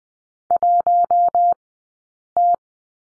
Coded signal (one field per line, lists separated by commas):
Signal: Morse code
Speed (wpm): 20 wpm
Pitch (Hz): 700 Hz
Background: none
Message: 1 T